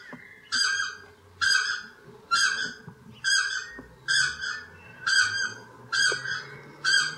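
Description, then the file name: South Island takahe giving loud harmonic calls spaced evenly about once a second, over a faint low hum. "Notornis"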